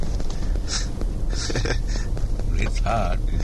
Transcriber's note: laughs